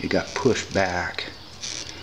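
Someone talks while handling the plastic quick-connect fitting on the fuel line at the fuel pump assembly outlet of a Polaris 850 ATV, with a couple of brief handling noises near the end. Nothing has seated or clicked yet; the connector is not yet home.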